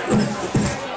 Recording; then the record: coughing mixed with background sound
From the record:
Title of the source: Mid-morning Winter Coughing Fit